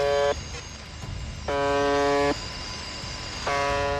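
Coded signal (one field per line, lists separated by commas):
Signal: channel marker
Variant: UVB-76 (The Buzzer)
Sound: harsh low buzz repeating every couple of seconds, three buzzes, faint steady tones between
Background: radio static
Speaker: 라디오에서 끊임없이 들려오는 의문의 벗어 음 이 소리는 1분에 약 25 번씩 24시간 내내 송출 됩니다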